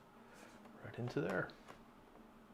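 A plastic LEGO piece is handled and pressed toward its spot while the base of a custom LEGO probe droid brick model is being finished, as someone talks. Nothing has seated or clicked into place yet.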